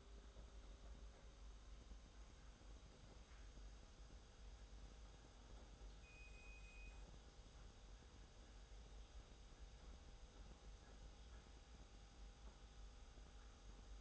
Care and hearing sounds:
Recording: daily activity, microphone in the room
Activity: make coffee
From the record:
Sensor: 3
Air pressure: 991.7 hPa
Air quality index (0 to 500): 181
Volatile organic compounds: 1000 ppm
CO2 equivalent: 6039 ppm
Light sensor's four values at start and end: 41/117/47/42 and 41/118/48/42

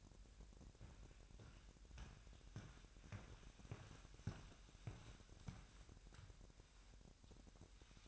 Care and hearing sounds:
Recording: daily activity, microphone in the room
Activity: walk to room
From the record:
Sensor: 2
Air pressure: 1012.1 hPa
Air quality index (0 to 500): 161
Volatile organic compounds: 2 ppm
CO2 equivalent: 1162 ppm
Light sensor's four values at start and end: 81/193/79/77 and 48/115/49/49

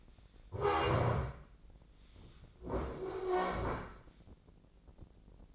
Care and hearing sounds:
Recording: daily activity, microphone in the room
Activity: stand up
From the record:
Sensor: 5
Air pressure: 1012.4 hPa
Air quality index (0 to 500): 150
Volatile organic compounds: 2 ppm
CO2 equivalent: 1028 ppm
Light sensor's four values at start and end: 273/655/279/308 and 273/655/279/308

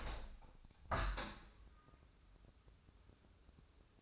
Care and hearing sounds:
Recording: daily activity, microphone in the room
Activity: open window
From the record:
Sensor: 2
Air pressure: 1014.8 hPa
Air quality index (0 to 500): 28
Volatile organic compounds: 1 ppm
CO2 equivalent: 520 ppm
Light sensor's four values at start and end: 8/19/8/8 and 8/19/8/8

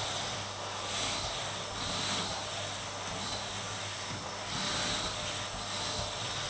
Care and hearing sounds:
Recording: daily activity, microphone in the room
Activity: vacuum cleaning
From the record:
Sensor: 3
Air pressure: 988.7 hPa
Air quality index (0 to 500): 201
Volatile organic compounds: 372 ppm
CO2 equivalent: 4624 ppm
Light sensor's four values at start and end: 21/65/27/24 and 20/64/26/24

